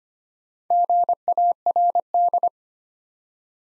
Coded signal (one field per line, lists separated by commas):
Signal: Morse code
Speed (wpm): 25 wpm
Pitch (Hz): 700 Hz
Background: none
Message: GARD